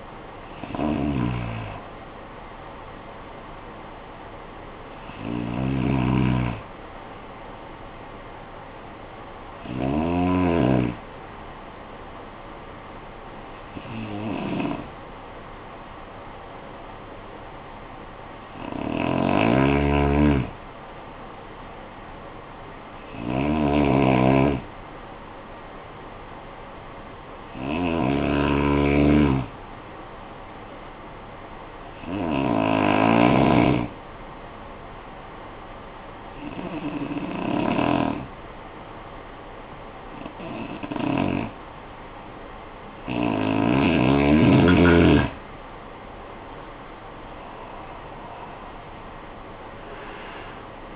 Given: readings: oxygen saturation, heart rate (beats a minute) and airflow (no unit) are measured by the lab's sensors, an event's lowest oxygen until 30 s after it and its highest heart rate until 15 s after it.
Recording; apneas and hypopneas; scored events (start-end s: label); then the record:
breathing in sleep by a voice recorder at the bedside; 1
25.00-44.00 s: hypopnea (N1, oxygen 96% highest, then 90% lowest, heart rate 51 at the start, 60 highest)
From the record:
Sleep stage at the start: N1 (lightest sleep); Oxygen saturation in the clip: 91 to 96%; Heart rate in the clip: 49 to 60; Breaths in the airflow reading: 12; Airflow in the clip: -17.8 to 12.1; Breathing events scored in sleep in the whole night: 445 in 7.6 hours asleep